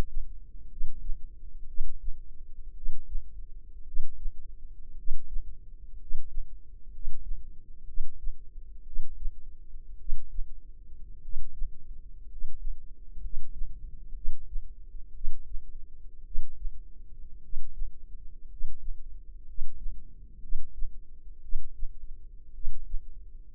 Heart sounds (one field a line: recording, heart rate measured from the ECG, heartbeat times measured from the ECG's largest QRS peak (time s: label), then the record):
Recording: heart sounds by microphone in the left ear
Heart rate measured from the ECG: 58 bpm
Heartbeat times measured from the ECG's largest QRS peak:
0.67 s: heartbeat
1.65 s: heartbeat
2.72 s: heartbeat
3.83 s: heartbeat
4.94 s: heartbeat
5.96 s: heartbeat
6.89 s: heartbeat
7.84 s: heartbeat
8.82 s: heartbeat
9.96 s: heartbeat
11.19 s: heartbeat
12.25 s: heartbeat
13.19 s: heartbeat
14.12 s: heartbeat
15.11 s: heartbeat
16.22 s: heartbeat
17.39 s: heartbeat
18.46 s: heartbeat
19.44 s: heartbeat
20.39 s: heartbeat
21.39 s: heartbeat
22.51 s: heartbeat
From the record:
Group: healthy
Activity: cold pressor test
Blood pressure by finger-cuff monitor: 108/60 mmHg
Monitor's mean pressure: 74 mmHg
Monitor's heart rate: 58 bpm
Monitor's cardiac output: 5 L/min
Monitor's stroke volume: 85 mL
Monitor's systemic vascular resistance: 1020 dyn s/cm5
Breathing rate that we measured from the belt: 10 breaths a minute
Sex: male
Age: 25 years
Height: 170 cm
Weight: 70.4 kg